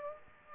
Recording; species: mosquito wingbeat signal from an infrared sensor; Aedes aegypti